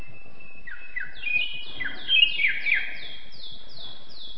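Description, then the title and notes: Greater green leafbird song: a rambling run of high whistled notes and quick downslurred chirps, busiest in the middle. Singing presented as champion-level birdsong. "Kicau Burung Cucak Ijo Juara. Suara kicauan burung cucak ijo"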